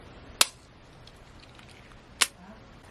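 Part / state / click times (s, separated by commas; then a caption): autoinjector pen plunger mechanism / seated / 0.4 s, 2.2 s. A plastic Zepbound 12.5 mg autoinjector pen is pressed with its base against the skin at a cleaned injection site, and its purple button is pushed to fire the plunger mechanism. Two loud, sharp clicks ring out at 0.4 s and 2.2 s, with only faint soft ticks in between. The first click marks the start of the injection and the second its end, showing the pen fired as intended.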